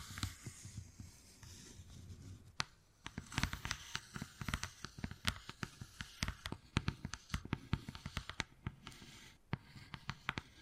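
Wood carving with sharp tapping and scratching, sparse for the first two and a half seconds, then a dense run of crisp, irregular knocks from about three seconds on. A dry scraping texture sits underneath, with a low rumble in the opening seconds.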